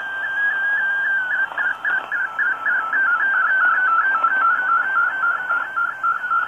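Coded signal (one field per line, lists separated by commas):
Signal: multi-tone FSK (Olivia or MFSK type)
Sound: a warbling tone hopping quickly between a few nearby pitches, steady rhythm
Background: radio static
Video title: 5850 kHz WRMI Broadcasting Digital Modes - Sony ICF-SW7600GR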